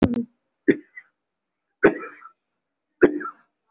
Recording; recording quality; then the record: heavy voluntary cough; excellent, no background noise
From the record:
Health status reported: respiratory illness, not identified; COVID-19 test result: not tested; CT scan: not taken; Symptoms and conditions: breathing difficulty, fatigue, muscle pain, chronic lung disease, pneumonia, diabetes, ischaemic heart disease, another condition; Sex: male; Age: 72 years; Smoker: yes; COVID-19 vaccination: none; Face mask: worn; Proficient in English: no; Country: India